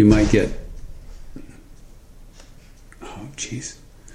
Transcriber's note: thump